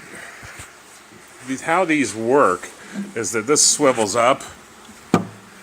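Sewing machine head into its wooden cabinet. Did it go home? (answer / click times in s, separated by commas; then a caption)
no / none. An antique sewing machine head is being swivelled up out of its wooden cabinet, meant to lock in place, while someone talks over faint background noise. A brief sharp handling sound comes near the end at about 5.2 s, but the head has not yet locked or seated in place.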